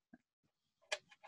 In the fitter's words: stick it on just like that and then you just twist it and it clicks either